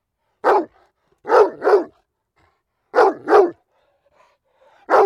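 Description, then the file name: Dog barking: a single sharp bark, then two quick double barks and a final single bark, in short bursts separated by silence. "Digiffects Sound Effects Library - Dog Barking"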